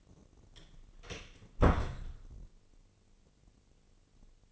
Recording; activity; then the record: daily activity, microphone in the room; close door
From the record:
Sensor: 4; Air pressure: 1013.1 hPa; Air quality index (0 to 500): 175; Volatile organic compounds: 2 ppm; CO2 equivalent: 1105 ppm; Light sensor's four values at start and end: 99/247/102/110 and 74/181/77/77